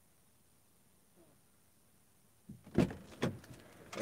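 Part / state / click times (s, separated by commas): EV charging cable plug into the car's charging inlet / seated / 3.9 s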